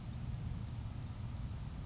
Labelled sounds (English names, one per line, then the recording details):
Grasshopper Sparrow
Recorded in Sonoma County, California